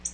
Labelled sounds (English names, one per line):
Black-throated Blue Warbler flight call